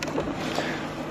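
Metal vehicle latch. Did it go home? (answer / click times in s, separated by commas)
released / 0.0 s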